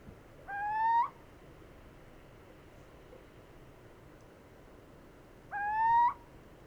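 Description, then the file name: Little owl hooting twice, each note a short mellow whistle that rises slightly, spaced about five seconds apart with quiet hiss between. Male little owl hooting, recorded in Italy; local name Cucumiau. "Cucumiau Hooting of male Italy"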